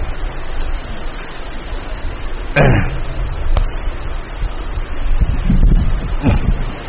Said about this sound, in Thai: สู้กับเสียงฝน